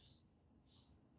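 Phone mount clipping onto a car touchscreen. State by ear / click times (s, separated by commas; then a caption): not seated / none. A Jowua Active Cooling MagSafe phone mount for a Tesla is handled as it is re-attached to the car's touchscreen. Two soft, hissy high-pitched bursts, near the start and around 0.7 to 0.9 seconds, sit over a steady low rumble. The mount has not clicked or seated yet.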